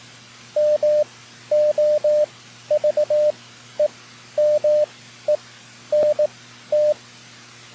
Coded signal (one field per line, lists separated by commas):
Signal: Morse code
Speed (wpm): 19 wpm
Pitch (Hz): 600 Hz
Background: none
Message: MOVEMENT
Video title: N3ZN Session 9-7-2025 #hamradio #cw #morsecode #pota #skcc #keys